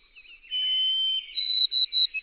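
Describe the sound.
White-throated sparrow singing a long pure whistled note that jumps to a higher run of several short repeated whistles.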